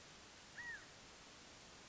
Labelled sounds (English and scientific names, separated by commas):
California Quail (Callipepla californica)